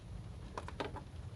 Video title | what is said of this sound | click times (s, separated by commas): 2021 Recap and Top 5 of Jeff Carbuoy DIY Tips & Tricks Videos | and it's going to click in place | 0.6 s, 0.7 s, 0.8 s